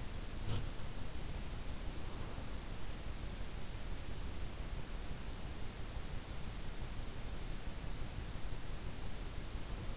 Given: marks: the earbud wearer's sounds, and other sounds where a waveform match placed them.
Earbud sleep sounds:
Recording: sounds in sleep by an in-ear microphone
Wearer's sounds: body movement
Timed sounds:
0.00-0.90 s: body movement

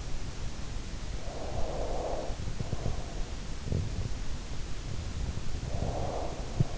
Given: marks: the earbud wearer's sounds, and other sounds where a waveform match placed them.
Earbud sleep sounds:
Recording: sounds in sleep by an in-ear microphone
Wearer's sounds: breath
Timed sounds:
1.19-3.47 s: breath
5.59-6.78 s: breath

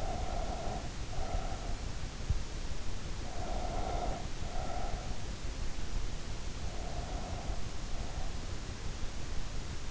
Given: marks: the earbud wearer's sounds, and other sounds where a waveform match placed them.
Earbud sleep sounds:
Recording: sounds in sleep by an in-ear microphone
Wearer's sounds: breath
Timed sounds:
0.00-2.37 s: breath
3.24-5.36 s: breath
6.60-8.46 s: breath

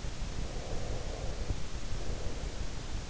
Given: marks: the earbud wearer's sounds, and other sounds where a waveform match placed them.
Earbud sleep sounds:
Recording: sounds in sleep by an in-ear microphone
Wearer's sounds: breath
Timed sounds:
0.18-3.03 s: breath

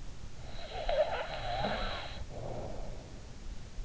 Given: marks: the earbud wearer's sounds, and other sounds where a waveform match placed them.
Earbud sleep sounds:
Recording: sounds in sleep by an in-ear microphone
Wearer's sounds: snoring breath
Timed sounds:
0.51-3.20 s: snoring breath

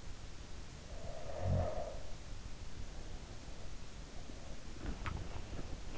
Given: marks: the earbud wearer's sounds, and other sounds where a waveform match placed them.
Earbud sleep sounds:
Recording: sounds in sleep by an in-ear microphone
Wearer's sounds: snoring breath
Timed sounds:
0.70-2.66 s: snoring breath

